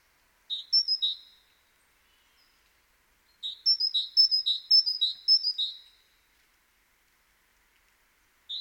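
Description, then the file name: Great tit calls: high thin notes in two bursts, a short phrase of three notes then a longer run of several repeated notes, clean background. "Parus major"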